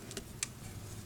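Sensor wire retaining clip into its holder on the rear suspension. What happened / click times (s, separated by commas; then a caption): The wire clip snapped into its holder / 0.4 s. On a 2014 MINI Cooper, the rear brake pad wear sensor wire is clipped back into its plastic holder on the rear suspension, where it was before. Two faint ticks at about 0.1 and 0.2 s come before a sharp, bright click at 0.4 s, over a steady low hum. The wire clip snaps back into its holder and is seated.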